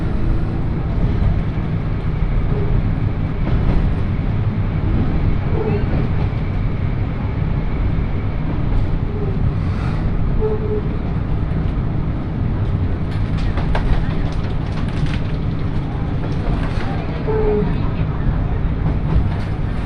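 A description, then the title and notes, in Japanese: A train on the Yodo Line runs unhurried over the mountain section, its deep, steady rumble filling the whole stretch without letup. Brief squealing tones rise now and then, and a cluster of light ticks and clacks comes around the middle to later part. 鉄道旅 予土線 宇和島→近永。キハ５４のロングシートにもう1両トロッコ車両がついていますが、こちらは途中の江川崎から乗車可能で、それに乗る人たちで混雑しています。北宇和島を出ると山越えに入り次の務田駅までのんびり走ります。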